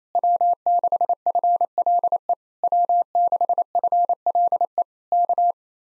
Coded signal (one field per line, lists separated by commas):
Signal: Morse code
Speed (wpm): 26 wpm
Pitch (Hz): 700 Hz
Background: none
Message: W6FLE W6FLE K